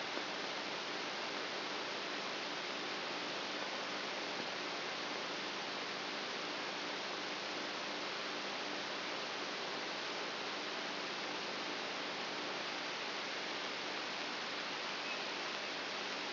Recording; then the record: brain microelectrode recording played as sound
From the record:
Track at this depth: outside the subthalamic nucleus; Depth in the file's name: 6.64 mm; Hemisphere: right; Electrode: 2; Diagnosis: Parkinson's disease